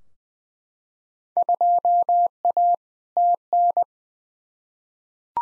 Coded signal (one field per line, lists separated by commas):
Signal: Morse code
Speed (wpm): 21 wpm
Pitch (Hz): 700 Hz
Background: none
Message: 2A TN